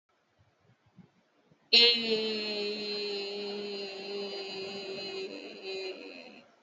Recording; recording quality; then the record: sustained vowel as in made; excellent, no background noise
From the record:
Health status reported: healthy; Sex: female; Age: 47 years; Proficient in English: yes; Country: India